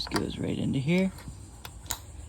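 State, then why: Seated. During a passenger seat belt replacement on a 2005–09 Mustang convertible, a second seat belt assembly piece is pushed into its mount while someone talks. A sharp click at 1.9 s marks the piece snapping in and seating.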